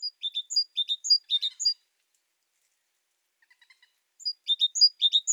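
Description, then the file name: Great tit calls: bursts of high, sharp chirping notes repeated rapidly in quick series, with a pause of about two seconds before the next burst. "Parus major"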